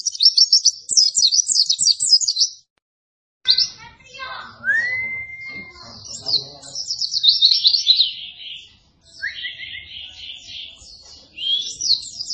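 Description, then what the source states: White-eye twittering song in high, fast phrases broken by a silent gap, with a separate rising whistled note near the middle and shorter slurred notes later. Training recording (masteran) for caged white-eyes, with an actively singing bird (gacor).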